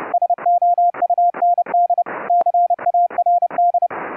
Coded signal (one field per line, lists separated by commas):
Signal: Morse code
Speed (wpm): 32 wpm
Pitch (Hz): 700 Hz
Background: none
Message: SOUND CARD